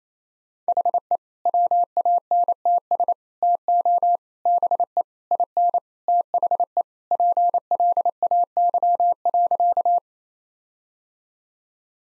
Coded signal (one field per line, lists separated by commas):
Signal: Morse code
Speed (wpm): 27 wpm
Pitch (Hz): 700 Hz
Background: none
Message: HE WANTS TO BE IN THE PLAY.